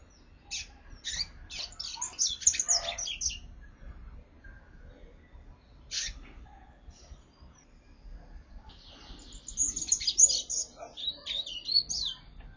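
Double-collared seedeater song in three bursts of fast, high chirping notes, the middle one brief, with quiet pauses between, over faint low rumble.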